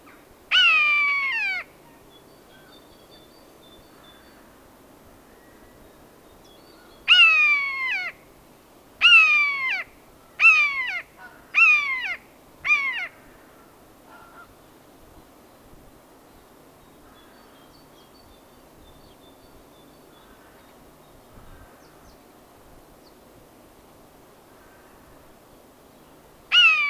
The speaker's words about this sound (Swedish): Det var skogsduva, nu följer ormvråk.